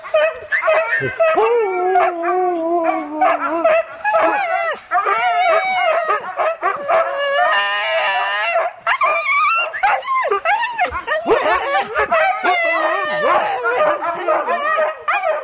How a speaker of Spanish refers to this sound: Mira, chicos, a ladrar.